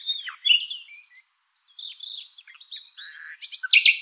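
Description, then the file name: Common nightingale song in short varied phrases: whistled slurs, chirps and buzzy notes high in pitch, ending in a harsher burst of scratchy notes. "Luscinia megarhynchos"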